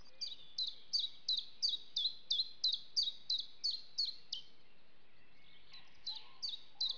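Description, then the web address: Common chiffchaff giving quick, high chirps about three times a second in a steady series, then a brief pause before the chirping resumes, over a soft background hiss. "loomad Linnud"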